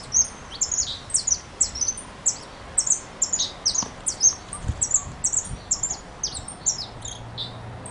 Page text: Jilguero Dorado (Sicalis flaveola). Sicalis flaveola pelzelni Jilguerito. Juan Kulichevsky